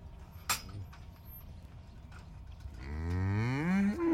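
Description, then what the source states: Cattle moo: a sharp clatter first, then a long rising bellow that grows louder and higher. Impatient cattle lined up by a roadside pasture waiting for breakfast in the morning.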